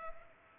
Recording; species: mosquito wingbeat signal from an infrared sensor; Culex pipiens